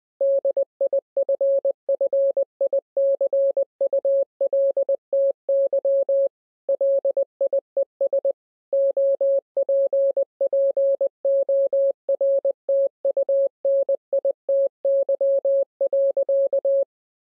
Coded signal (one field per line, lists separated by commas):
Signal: Morse code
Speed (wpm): 20 wpm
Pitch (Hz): 550 Hz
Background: none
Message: DIFFICULTY LIES OPPORTUNITY.